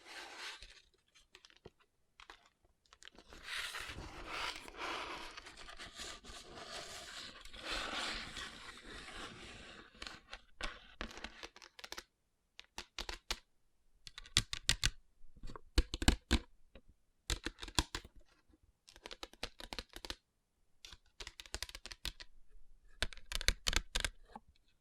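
Fingers tap and rub over rhinestone-covered palms. For the first ten seconds a dense, bright scratchy rubbing runs nearly continuously, then gives way to sparse, sharp clicking taps in irregular bursts with short silences between, much like typing on a keyboard.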